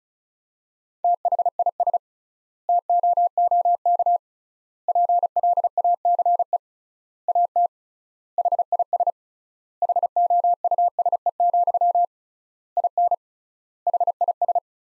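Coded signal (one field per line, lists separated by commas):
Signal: Morse code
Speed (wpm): 36 wpm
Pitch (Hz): 700 Hz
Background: none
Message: THIS TOOK PLACE AT HIS HOUSE, IN HIS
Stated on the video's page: Morse sentences from the top 300 words, sent at 35 wpm with 3x standard word spacing, as practice.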